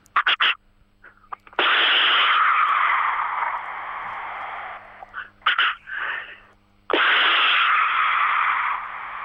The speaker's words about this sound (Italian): Prima, ma cos'è, fucile o pistola? È un fucile, un Winchester. Ah, sempre Winchester.